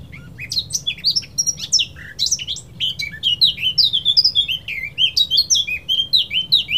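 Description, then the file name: Eurasian blackcap song, a fast run of varied high warbling and chirping notes, continuous and rich throughout, with a low background hum. "Sylvia atricapilla"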